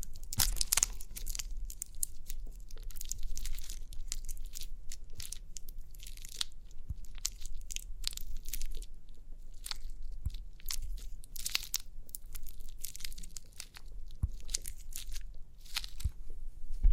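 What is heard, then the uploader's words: Crinkly pimple popping sounds: a steady run of short, bright crackles and crunchy snaps, packed densely and arriving several times a second with small bursts of heavier crinkling. A low hum runs underneath throughout, and the crackling eases briefly around the thirteen-second mark. Crinkly Pimple Popping.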